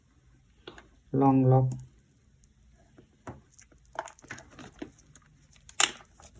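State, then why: Seated. Someone talks as the air-tube plug of an OMRON blood pressure cuff is pushed into the port on the monitor body, with light handling clicks and rustles along the way. A sharp click at 5.8 s marks the plug seating into the port.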